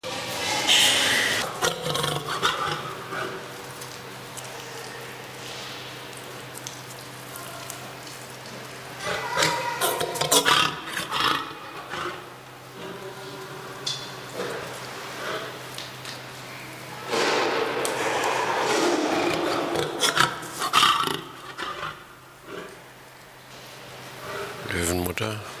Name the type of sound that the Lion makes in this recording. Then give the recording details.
call. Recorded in captivity. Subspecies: persica. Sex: group. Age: diverse. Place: Tierpark Berlin, Berlin, DE. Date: 1983-12-24 11:15. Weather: sunny, 1-3°C, no wind. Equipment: Nagra SN, Sennheiser MKH 416 T, Kopie Uher 4000 Report Monitor. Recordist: Tembrock, Günter